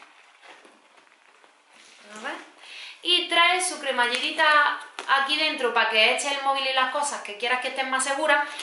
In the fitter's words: luego se cierra con un clic